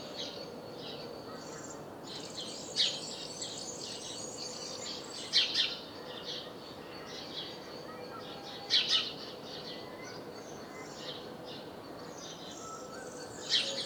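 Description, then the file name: House sparrow chirps, loud notes, some paired, spaced a few seconds apart over continuous faint twittering and background noise. "Passer domesticus"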